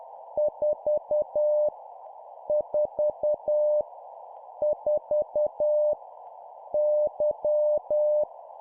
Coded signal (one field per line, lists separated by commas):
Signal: Morse code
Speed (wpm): 10 wpm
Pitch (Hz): 600 Hz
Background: none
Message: 4 4 4 Y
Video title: 10wpm Repeat three times Random Letter Number, morse code practice